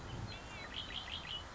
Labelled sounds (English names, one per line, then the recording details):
Red-winged Blackbird
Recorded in Sonoma County, California